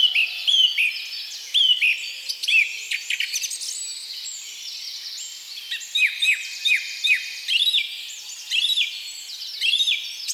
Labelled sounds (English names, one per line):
Song Thrush song